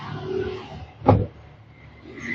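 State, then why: Seated. A rubber door damper is pressed into its spot on a car door, and a single sharp hit sounds at 1.1 s as it locks into place. It sits completely flush, and quiet low background noise fills the rest of the clip.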